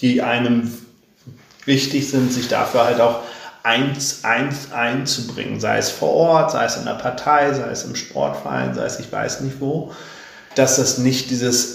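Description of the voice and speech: A man speaks German in a steady, mid-pitched voice, mostly fluently. One word opens with a repeated, drawn-out first syllable, 'ein-, ein-, einzubringen', and there is a long hesitation early on. This repetition with prolongation is a stuttering disfluency.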